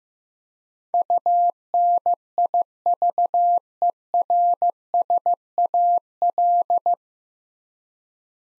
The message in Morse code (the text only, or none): UNIVERSAL